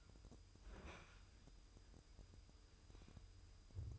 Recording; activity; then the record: daily activity, microphone in the room; open fridge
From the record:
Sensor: 2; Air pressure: 988.3 hPa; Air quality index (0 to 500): 193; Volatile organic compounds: 202 ppm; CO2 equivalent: 4220 ppm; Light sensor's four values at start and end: 22/74/29/28 and 22/74/29/28